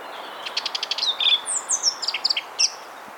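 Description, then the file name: Eurasian blackcap delivering a brisk phrase of rapid repeated notes running into bright, sliding warbled whistles over a constant soft hiss. "Sylvia atricapilla"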